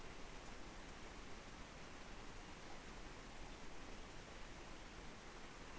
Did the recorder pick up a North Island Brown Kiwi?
no